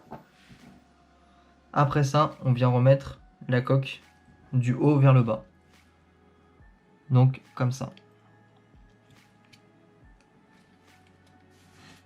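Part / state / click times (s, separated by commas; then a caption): plastic key fob shell half onto the other shell half / not seated / none. Someone talks while the upper plastic shell of a Golf 5 key fob, being converted to a Golf 7-style key, is placed back onto the other shell half from top to bottom and lined up. Only faint light handling taps follow around 9.5 s and 10.2 s. The shell is only lined up, and nothing has clipped yet.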